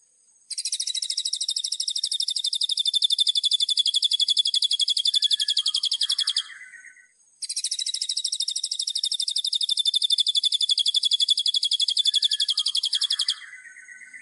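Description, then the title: Streaked Spiderhunter singing two long bursts of fast, even, high-pitched chip notes, separated by a short gap with a few softer lower notes. Tutoring recording for training songbirds; song described as vigorous, clear and long. "Pijantung Gunung Gacor Jernih Panjang"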